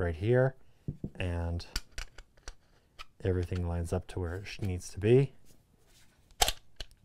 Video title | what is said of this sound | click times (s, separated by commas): ULTIMATE Laminate Router Kit! Bosch PR20EVS Colt 1-Horsepower Variable-Speed Palm Router | and locks in place you can slide up and down give it a twist | 6.4 s, 6.8 s